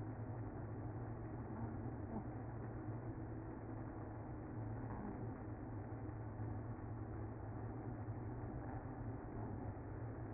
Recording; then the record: honeybee colony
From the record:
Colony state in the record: active